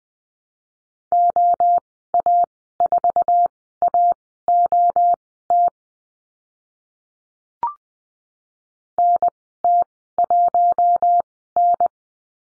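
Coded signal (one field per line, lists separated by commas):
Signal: Morse code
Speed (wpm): 20 wpm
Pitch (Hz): 700 Hz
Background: none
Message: OA4AOT NT1N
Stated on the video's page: Morse lesson drill on the letter R and call signs, sent at Farnsworth speed 20/10 wpm.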